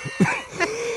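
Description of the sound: Two brief harsh bursts a fraction of a second apart, an adult's short coughs during conversation.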